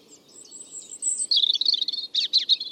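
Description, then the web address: European robin song opening with a thin, sustained high whistle, then breaking into a fast, tumbling sequence of twittering notes. "Deverinetal 2025 File origin Bird Only Er Ru"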